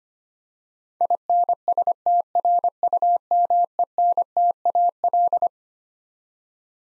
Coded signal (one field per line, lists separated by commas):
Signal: Morse code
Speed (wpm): 25 wpm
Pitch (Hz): 700 Hz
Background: none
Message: INSTRUMENTAL